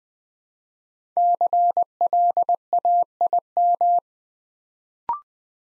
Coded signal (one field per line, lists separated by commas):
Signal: Morse code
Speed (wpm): 20 wpm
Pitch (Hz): 700 Hz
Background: none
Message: CLAIM